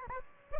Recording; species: mosquito wingbeat signal from an infrared sensor; Aedes aegypti